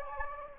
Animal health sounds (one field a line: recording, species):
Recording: mosquito wingbeat signal from an infrared sensor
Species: Anopheles gambiae